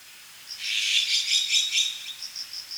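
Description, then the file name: Azure-winged magpie making a grating, buzzy rasp, followed by a few thin, short high notes. "onaga"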